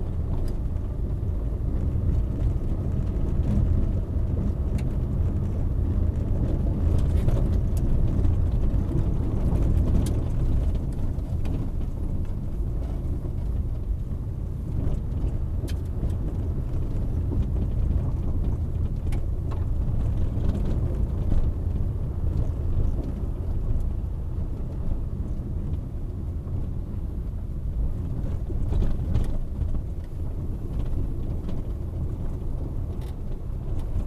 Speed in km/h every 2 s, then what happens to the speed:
27, 29, 28, 26, 22, 17, 16, 20, 21, 20, 21, 21, 20, 18, 16, 15, 15.
3-10 slows to 17. 10-34 steady at about 18.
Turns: 9-13, 24-34.